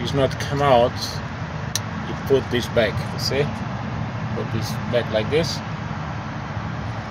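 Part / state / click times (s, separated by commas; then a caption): locking tab on harness plug at engine pressure sensor / seated / 1.8 s. On a Cummins ISX engine, the secondary locking tab on the harness plug of the BPS (Biometric Pressure Sensor, part number 2897331) is pushed back into place so the plug cannot come out, giving a sharp click at 1.8 s. Someone talks throughout over a steady low rumble of vehicle and traffic noise, and the lock tab ends up seated.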